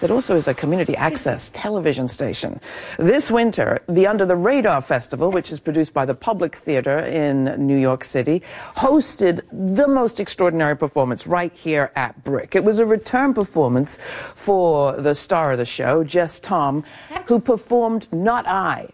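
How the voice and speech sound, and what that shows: A woman speaks fluently in a clear, steady voice at a relaxed broadcast pace, with short natural pauses between phrases as she introduces a program. Ordinary, well-formed speech with no hoarseness, slurring or hesitation.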